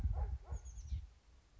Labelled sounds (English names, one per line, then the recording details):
Chestnut-backed Chickadee
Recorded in Sonoma County, California